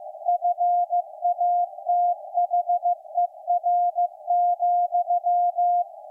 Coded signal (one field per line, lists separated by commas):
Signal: Morse code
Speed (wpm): 15 wpm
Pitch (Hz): 700 Hz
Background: none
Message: FATHER,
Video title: Night of Nights XX KPH Point Reyes California Reactivation 128085 kHz CW Shortwave SDRplay RSP1A W6L